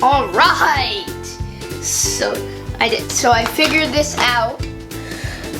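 A plastic piece of a toy car city playset is handled as it is fitted into the toy track set, while someone talks over background music. Nothing has seated or clicked yet.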